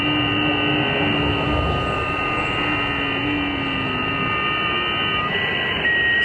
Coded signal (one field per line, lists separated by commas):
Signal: FT8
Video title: AlexLoop HamPack - Setup, Use & Review